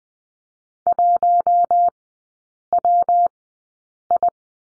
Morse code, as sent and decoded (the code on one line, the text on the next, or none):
.---- .-- ..
1WI